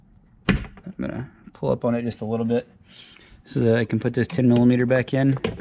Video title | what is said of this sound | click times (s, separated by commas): Jeep JL Wrangler or JT Gladiator Proximity Entry Install | gonna slide it back down in you can hear that you just clicked into place I'm | 0.5 s